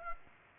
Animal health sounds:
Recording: mosquito wingbeat signal from an infrared sensor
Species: Aedes aegypti

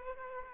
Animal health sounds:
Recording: mosquito wingbeat signal from an infrared sensor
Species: Aedes aegypti

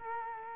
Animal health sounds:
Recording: mosquito wingbeat signal from an infrared sensor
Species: Culex quinquefasciatus

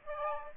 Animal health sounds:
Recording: mosquito wingbeat signal from an infrared sensor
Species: Aedes aegypti

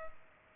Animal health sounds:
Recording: mosquito wingbeat signal from an infrared sensor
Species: Culex pipiens

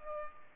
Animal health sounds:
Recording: mosquito wingbeat signal from an infrared sensor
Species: Culex pipiens

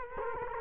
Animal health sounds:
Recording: mosquito wingbeat signal from an infrared sensor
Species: Culex quinquefasciatus

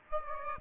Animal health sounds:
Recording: mosquito wingbeat signal from an infrared sensor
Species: Aedes aegypti

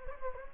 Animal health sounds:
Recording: mosquito wingbeat signal from an infrared sensor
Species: Anopheles gambiae

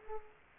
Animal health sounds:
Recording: mosquito wingbeat signal from an infrared sensor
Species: Culex quinquefasciatus

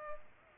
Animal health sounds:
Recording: mosquito wingbeat signal from an infrared sensor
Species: Culex pipiens

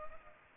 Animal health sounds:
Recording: mosquito wingbeat signal from an infrared sensor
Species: Culex pipiens

